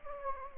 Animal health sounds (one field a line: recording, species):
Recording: mosquito wingbeat signal from an infrared sensor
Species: Anopheles gambiae